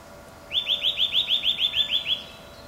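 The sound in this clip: Eurasian nuthatch giving one quick trill of about eleven clear piping notes, lasting under two seconds against a quiet background.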